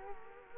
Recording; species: mosquito wingbeat signal from an infrared sensor; Culex quinquefasciatus